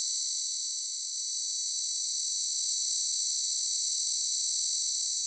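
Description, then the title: Cicada song: one level, piercing high buzz sustained without a break from start to finish. "Cicada_short"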